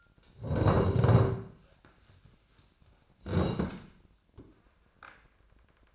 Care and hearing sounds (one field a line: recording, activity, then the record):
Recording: daily activity, microphone in the room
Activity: sit down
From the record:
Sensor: 2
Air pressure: 1012.2 hPa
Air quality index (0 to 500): 157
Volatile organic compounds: 2 ppm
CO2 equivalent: 1149 ppm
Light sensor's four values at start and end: 34/87/37/42 and 41/105/45/51